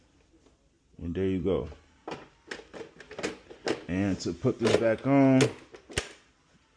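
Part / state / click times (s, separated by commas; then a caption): quick release body pin latching onto RC car body post / seated / 6.0 s. Someone talks while a quick release hood pin is pushed home onto the body post of a Kraton 6s RC car body as the body is put back on. A sharp plastic click at 6.0 s shows the pin latched and seated.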